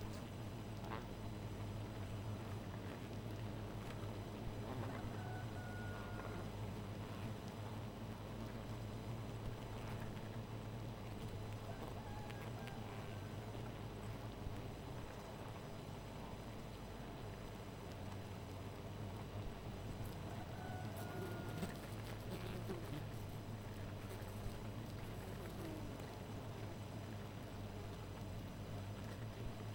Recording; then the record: honeybee colony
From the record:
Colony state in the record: missing queen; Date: 14 July 2017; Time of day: 2:51